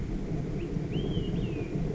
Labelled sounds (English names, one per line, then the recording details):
Olive-sided Flycatcher
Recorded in Sonoma County, California